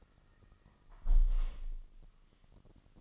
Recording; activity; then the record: daily activity, microphone in the room; close window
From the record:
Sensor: 4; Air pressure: 1005.5 hPa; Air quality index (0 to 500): 90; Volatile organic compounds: 2 ppm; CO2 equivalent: 1110 ppm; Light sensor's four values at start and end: 13/29/12/11 and 13/29/11/11